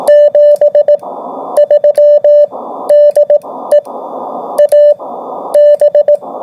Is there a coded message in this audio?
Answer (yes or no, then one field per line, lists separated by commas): yes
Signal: Morse code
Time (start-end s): 0.1-6.2 s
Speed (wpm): 18 wpm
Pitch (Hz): 590 Hz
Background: radio noise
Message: 73 DE AB